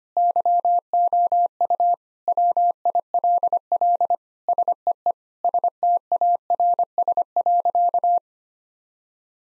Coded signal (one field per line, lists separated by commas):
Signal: Morse code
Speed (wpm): 25 wpm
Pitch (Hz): 700 Hz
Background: none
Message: YOU WILL SEE STARS.